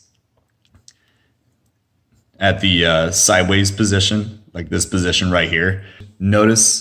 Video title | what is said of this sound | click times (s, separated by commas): HK G3/G3 Clone Bolt Re-Assembly | notice when you hit turn it mmm it'll click in place at the | 0.9 s